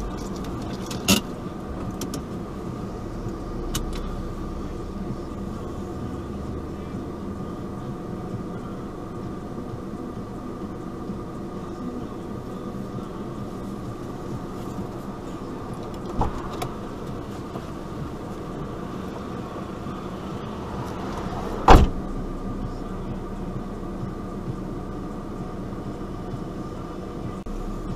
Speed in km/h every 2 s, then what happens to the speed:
0, 0, 0, 0, 0, 0, 0, 0, 0, 0, 0, 0, 0, 0.
0-28 standing.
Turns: none.